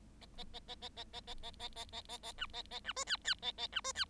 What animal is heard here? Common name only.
Bengalese Finch